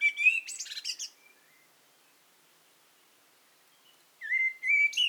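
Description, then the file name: Eurasian blackbird song: a phrase ending in high chattering twitters, a long silence, then a new rich fluted warble beginning. "Turdus merula"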